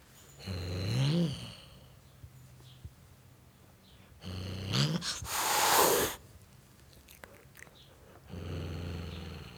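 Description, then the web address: Domestic cat hissing: two low rising cries, a long harsh hiss near the middle, and a low rumbling sound at the end. Tom cat, male, hissing at a dog. "BBC Sound Effects Library - Cats Tom Cat Hissing At Dog"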